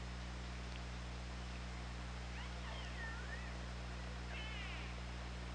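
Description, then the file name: Killer whale calls: several wavering, harmonic calls rising and falling, then a brief stacked upsweep near the end, over constant low hum and background hiss. Recorded on an OrcaLab hydrophone, 24 August 2017, 08:20. "Orca Lab UTLN JASON 20170824 082048"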